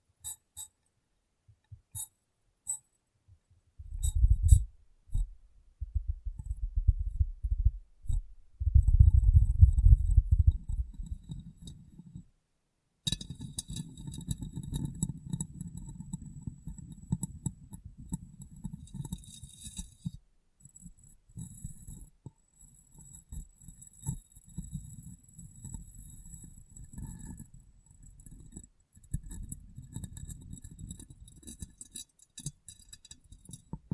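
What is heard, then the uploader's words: Glass tapping and cleaning: low thumping rubs and taps, loudest around 4 to 10 seconds, then steadier scrubbing with faint high clinks. ASMR Glass Brain Tapping & Cleaning (No Talking).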